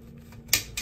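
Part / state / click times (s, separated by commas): damper bushing into sheet metal duct sleeve hole / seated / 0.5 s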